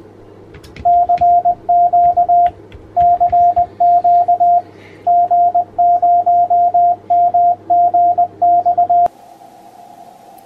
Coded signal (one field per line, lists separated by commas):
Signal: Morse code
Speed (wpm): 20 wpm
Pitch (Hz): 700 Hz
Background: radio noise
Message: CQ CQ G0MGX